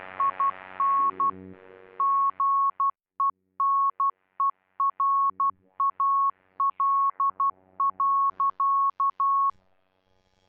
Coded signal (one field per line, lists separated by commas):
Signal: Morse code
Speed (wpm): 12 wpm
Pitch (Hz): 1100 Hz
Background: none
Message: IN GENERAL.